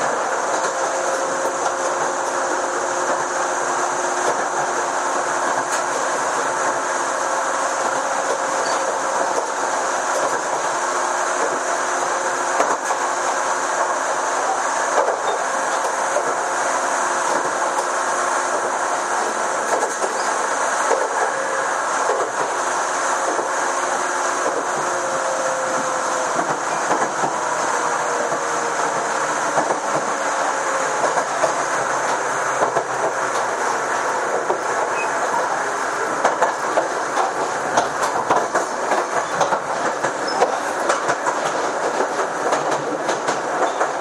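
Onboard recording of a Chichibu Railway 6000 series express train running between Yorii and Kumagaya. A steady, dense roar of wheels and motor fills the whole clip, with a faint rising and falling hum around the middle. Light clicks and rattles come through irregularly.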